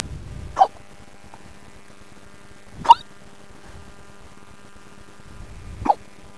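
Three sharp, squeaky hiccups from an adult come at roughly 2.5 to 3 second gaps, about 25 a minute, each a brief high-pitched chirp with quiet between. The pattern is typical of singultus, sudden diaphragm spasms that snap the vocal cords shut.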